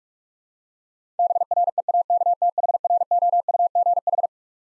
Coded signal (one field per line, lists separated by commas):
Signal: Morse code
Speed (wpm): 43 wpm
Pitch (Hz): 700 Hz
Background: none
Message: BREAKTHROUGH